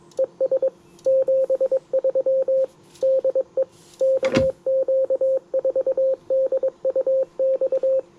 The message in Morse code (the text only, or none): ES 73 DE KQ4DUX